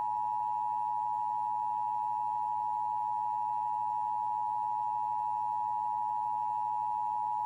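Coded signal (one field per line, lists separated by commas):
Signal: Emergency Alert System (SAME) tones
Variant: 853 and 960 Hz attention tone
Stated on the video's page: National EAS test heard on KRLD 1080 kHz AM, received on a Tecsun PL-380 and recorded with a Retekess V115.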